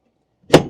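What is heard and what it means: A modular Packout tool storage box is set onto a bedside mounting panel in the truck bed of a 2020+ Chevy Silverado HD / GMC Sierra HD long bed, attaching the same way it stacks on other boxes. After near silence, one sharp snap rings out at 0.5 s with a brief fading tail. The box pops into place and is seated on the panel.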